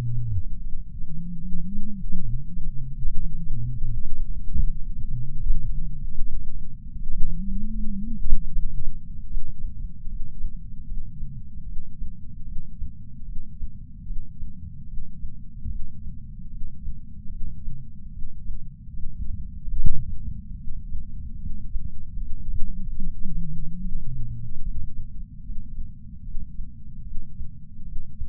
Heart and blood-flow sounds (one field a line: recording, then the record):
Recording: heart sounds by patch sensor on the chest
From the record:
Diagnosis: coronary artery disease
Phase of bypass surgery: postoperative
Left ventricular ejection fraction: 62.4%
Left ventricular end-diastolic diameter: 42 mm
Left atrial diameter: 34 mm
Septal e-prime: 9 cm/s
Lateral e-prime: 10 cm/s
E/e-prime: 10.4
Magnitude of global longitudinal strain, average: 12.8%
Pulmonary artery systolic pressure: 24 mmHg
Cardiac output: 5.9 L/min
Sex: male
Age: 63 years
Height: 165 cm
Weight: 70 kg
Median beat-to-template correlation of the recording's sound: 0.92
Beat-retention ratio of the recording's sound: 0.96